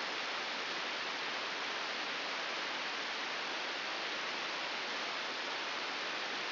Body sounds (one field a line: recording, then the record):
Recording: brain microelectrode recording played as sound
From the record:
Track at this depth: outside the subthalamic nucleus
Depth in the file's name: -1.509 mm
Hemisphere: right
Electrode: 3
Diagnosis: Parkinson's disease